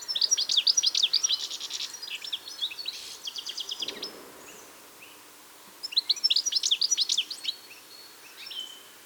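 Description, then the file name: European goldfinch song, a fast jangling twitter with buzzy notes for a few seconds, a pause, then another lively burst and a final short phrase. "Carduelis carduelis"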